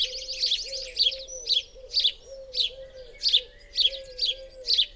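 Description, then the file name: House sparrow chirping in clear, spaced notes about twice a second, starting with a quick rattled series, over a low wavering hum. "Passer domesticus"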